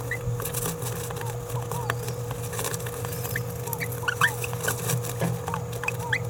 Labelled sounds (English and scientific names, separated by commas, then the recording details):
Green-rumped Parrotlet (Forpus passerinus) babbling
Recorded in a nest box in Venezuela
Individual 18B17A4